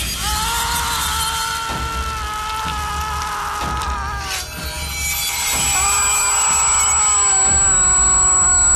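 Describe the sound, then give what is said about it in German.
A thin, high-pitched sine tone like tinnitus ringing, from a horror film scene where a killer drives a stiletto blade into a victim's ear, enters midway and holds steady to the end, sitting above a dense, grinding, scraping texture with a low rumble underneath. “Ein Sinuston, der an einen Tinnitusklang erinnert.”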